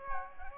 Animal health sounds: mosquito wingbeat signal from an infrared sensor; Aedes aegypti

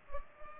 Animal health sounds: mosquito wingbeat signal from an infrared sensor; Culex pipiens

